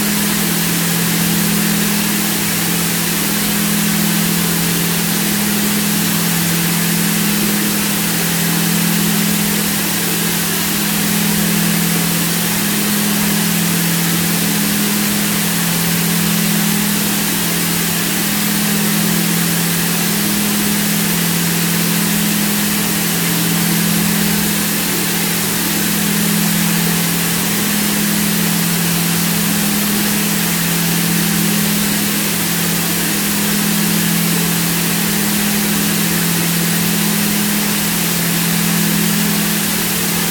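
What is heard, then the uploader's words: A steady mix of white and pink noise fills the clip with a dense, even hiss reaching high into the treble. Beneath it, a pair of close low tones hums continuously as a binaural beat, unchanging in level from start to finish. Relaxing Noise Sounds with Binaural Beats - Beta. Mix of white noise, pink noise, with Binaural Beats (Beta).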